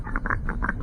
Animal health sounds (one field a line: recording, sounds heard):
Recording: poultry house recording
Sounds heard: sick chickens (respiratory disease)